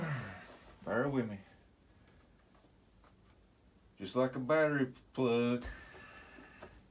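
A keyed plug connector, like a battery plug that fits only one way, is handled near its mating connector in a Flightline P-38L RC airplane while someone talks. Nothing has seated or snapped into place yet.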